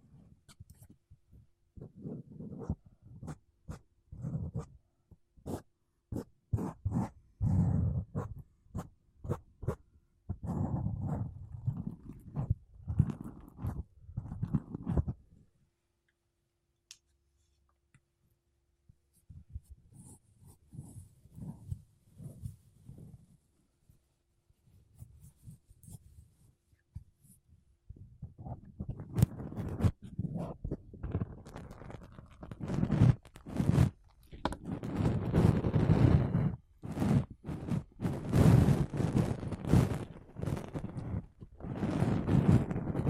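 Makeup brushes and a sponge rub over a mic in dense scratchy bursts, pausing near 15–19 seconds, then growing louder and busier toward the end.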